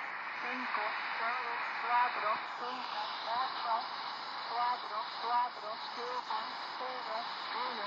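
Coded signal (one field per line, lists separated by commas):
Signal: numbers station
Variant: V02 Spanish lady, Spanish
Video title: 10345khz spanish lady V02 Number station HM01 Zahlensender 2014.6.29 Shortwave Kurzwelle DX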